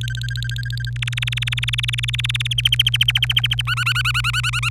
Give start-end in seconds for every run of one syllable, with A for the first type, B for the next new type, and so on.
0.01-0.90 A, 0.96-2.47 B, 2.51-3.61 C, 3.67-4.69 D